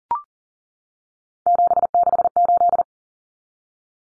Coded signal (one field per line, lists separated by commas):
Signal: Morse code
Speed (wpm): 38 wpm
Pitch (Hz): 700 Hz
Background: none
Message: 768